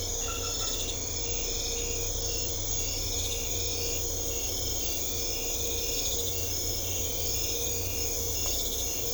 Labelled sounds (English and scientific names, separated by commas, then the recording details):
none
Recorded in secondary vegetation near Puerto Asís, Putumayo, Colombia, on 21 December 2024 at 23:00
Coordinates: 0.500, -76.326
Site G065